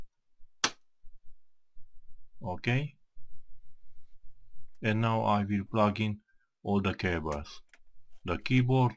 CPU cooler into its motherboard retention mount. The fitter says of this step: press it until i hear a click OK